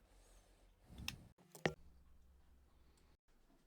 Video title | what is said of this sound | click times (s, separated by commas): 🔴 soundcore A20 Sleep Buds Full Review - Worth it? Yes or No? | they lock into place because they have a locking a Magnetic Locking System for the contacts to be firmly seated when charging | 1.1 s, 1.7 s